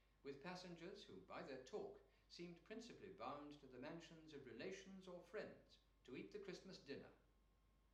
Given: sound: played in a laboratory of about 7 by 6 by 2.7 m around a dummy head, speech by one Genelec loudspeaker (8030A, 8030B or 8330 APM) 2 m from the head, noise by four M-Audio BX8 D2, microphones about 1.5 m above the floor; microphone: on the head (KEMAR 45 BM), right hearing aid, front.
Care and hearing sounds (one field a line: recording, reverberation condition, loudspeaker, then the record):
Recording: male speech in English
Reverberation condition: medium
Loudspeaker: 60 degrees to the right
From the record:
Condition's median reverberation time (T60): about 510 ms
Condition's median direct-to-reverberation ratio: about -0.5 dB